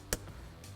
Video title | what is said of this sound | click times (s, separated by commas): How To Remove the Hardtop from 2018 Jeep Wrangler JL | We can push that till it clicks, and then we can actually even re-engage that locking tab so that it's secure. | 0.1 s